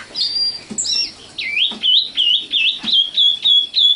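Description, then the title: Oriental magpie-robin giving a run of rapid, repeated wavering whistles, several per second, preceded by a few higher chirped notes. Kacer song. "Kicau Kacer"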